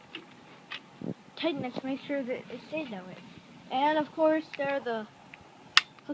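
A part that must lock on a plastic toy airsoft shotgun, likely the adjustable stock or a sling hook, is adjusted while someone talks. A sharp, loud click at 5.8 s shows the part has seated into place.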